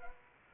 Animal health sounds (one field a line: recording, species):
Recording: mosquito wingbeat signal from an infrared sensor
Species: Anopheles arabiensis